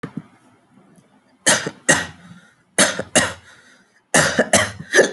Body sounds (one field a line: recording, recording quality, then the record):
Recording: heavy voluntary cough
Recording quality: moderate, slight background noise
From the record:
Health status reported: healthy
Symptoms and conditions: none ticked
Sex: male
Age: 25 years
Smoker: not ticked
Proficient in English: yes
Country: India